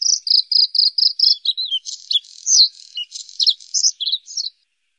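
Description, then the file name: Bluethroat song: about six evenly repeated high notes, then a varied run of buzzy, twanging and chirping phrases with quick pitch slides. "blauwborst"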